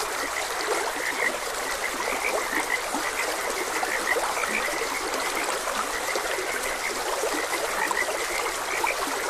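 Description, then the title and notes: Frogs croaking in a steady chorus, short rasping notes repeating near constantly over the broad hiss of trickling stream water. Frogs croaking beside a gentle stream. "Gentle Stream and Frogs Croaking. Sleep and Relaxation Podcast"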